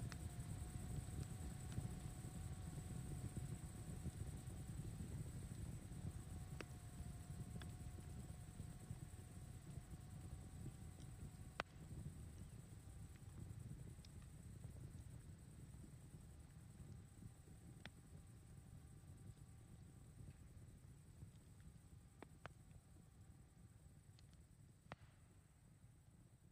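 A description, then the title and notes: A campfire burns with a steady low roar, broken every few seconds by a single sharp pop or crackle, the loudest near the twelve-second mark. A thin, high whine and a faint mid-pitched hum run underneath throughout, and the roar eases slightly toward the end. CAMPFIRE AMBIENCE | Cozy Crackling Fire Sounds.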